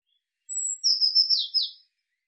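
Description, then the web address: Eurasian blue tit gives a single call, a brief very high thin note followed by a scratchy descending buzz broken into quick pulses. "cianscape birddata Deverinetal 2025 File cleaned normalized Bird Cy Ca"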